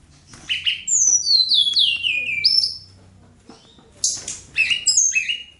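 Bird song as a cascade of high whistled downslurs, a brief pause, then a harsh burst followed by more falling notes.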